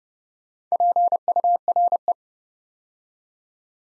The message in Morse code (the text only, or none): PURE